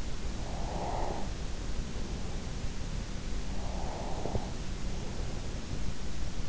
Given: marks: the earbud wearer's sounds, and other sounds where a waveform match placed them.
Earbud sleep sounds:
sounds in sleep by an in-ear microphone; breath
0.02-3.05 s: breath
3.34-5.68 s: breath

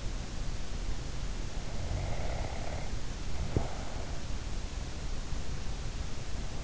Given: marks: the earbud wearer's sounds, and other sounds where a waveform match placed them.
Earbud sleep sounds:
sounds in sleep by an in-ear microphone; snoring breath
1.85-4.05 s: snoring breath

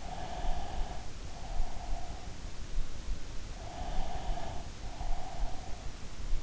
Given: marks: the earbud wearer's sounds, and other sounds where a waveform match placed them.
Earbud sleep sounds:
sounds in sleep by an in-ear microphone; breath
0.11-2.63 s: breath
3.69-6.02 s: breath

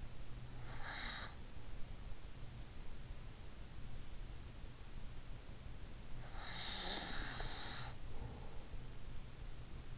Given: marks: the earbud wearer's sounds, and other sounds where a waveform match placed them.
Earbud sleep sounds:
sounds in sleep by an in-ear microphone; breath, snoring breath
0.00-1.74 s: breath
6.50-8.70 s: snoring breath

